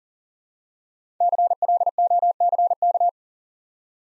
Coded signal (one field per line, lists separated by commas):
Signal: Morse code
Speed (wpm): 40 wpm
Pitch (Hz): 700 Hz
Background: none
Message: CLOCK